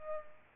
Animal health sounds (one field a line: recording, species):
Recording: mosquito wingbeat signal from an infrared sensor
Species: Aedes aegypti